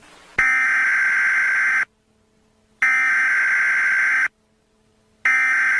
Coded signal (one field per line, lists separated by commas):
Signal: Emergency Alert System (SAME) tones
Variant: header bursts